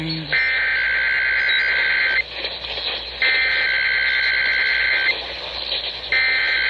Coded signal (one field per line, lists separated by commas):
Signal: Emergency Alert System (SAME) tones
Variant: header bursts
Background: speech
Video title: Denver RMT (4-14-21) EAS# 171